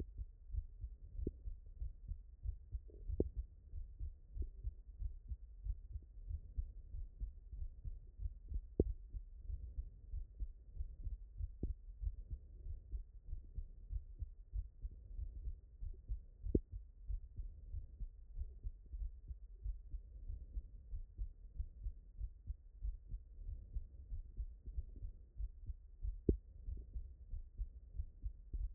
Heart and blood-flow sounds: heart sounds by stethoscope; tricuspid valve (TV)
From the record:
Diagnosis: non-HFrEF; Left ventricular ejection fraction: 65%

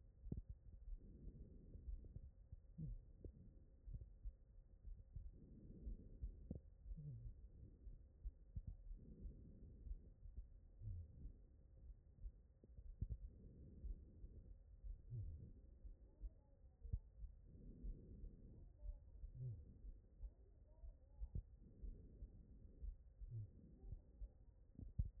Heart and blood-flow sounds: heart sounds by stethoscope; aortic valve (AV)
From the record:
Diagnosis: non-HFrEF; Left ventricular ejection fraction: 56%

